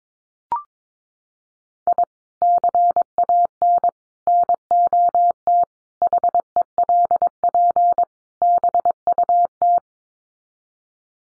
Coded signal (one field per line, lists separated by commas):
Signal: Morse code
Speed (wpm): 22 wpm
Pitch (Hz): 700 Hz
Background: none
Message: I CAN NOT HELP BUT